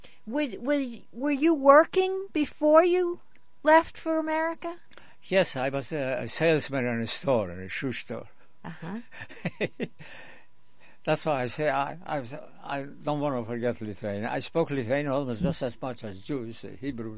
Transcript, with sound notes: were you working before you left for America?
Yes. I was a salesman in a store, a shoe store. ( he laughs ) That's why I say, I don't want to forget Lithuanian. I spoke Lithuanian almost just as much as Jewish, Hebrew.